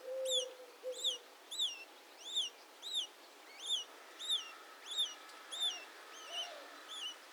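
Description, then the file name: House sparrow chirping: bright, hooked chirps repeated in a steady, insistent series, with a low drawn-out tone underneath at the start. "Passer domesticus"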